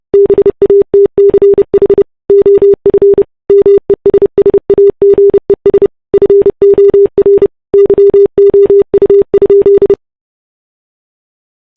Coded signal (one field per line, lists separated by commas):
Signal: Morse code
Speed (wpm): 29 wpm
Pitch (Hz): 340 Hz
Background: none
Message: BATCH OF MESSAGES FOR YOU?